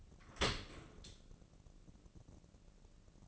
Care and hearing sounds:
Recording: daily activity, microphone in the room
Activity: open dishwasher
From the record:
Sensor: 4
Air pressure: 1013.2 hPa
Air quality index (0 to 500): 173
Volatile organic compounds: 2 ppm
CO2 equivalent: 1087 ppm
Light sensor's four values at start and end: 75/186/77/79 and 75/186/77/79

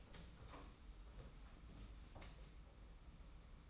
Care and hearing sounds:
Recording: daily activity, microphone in the room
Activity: open door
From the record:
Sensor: 1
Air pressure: 991.6 hPa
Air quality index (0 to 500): 131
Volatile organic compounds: 412 ppm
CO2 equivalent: 4692 ppm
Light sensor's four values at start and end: 34/111/43/44 and 34/110/43/44

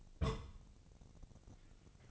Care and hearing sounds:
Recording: daily activity, microphone in the room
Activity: place on stove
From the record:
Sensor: 4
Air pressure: 1000.3 hPa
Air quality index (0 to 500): 216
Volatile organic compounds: 23 ppm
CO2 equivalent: 2788 ppm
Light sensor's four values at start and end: 9/20/8/8 and 9/20/8/8

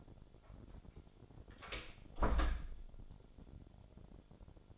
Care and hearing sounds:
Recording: daily activity, microphone in the room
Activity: close door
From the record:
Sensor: 5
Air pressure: 1007.4 hPa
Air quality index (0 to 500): 162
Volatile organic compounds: 4 ppm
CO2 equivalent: 1548 ppm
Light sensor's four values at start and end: 57/161/63/63 and 58/163/63/64

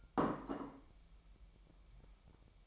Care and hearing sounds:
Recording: daily activity, microphone in the room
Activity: place plate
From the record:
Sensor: 1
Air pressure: 1002.1 hPa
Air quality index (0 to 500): 243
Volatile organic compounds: 48 ppm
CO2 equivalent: 3264 ppm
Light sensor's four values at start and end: 8/28/10/11 and 8/28/10/11

